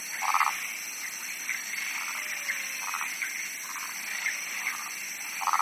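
Frogs croaking in short pulsed bursts roughly every second, softer overlapping trills, and a steady high-pitched background hiss.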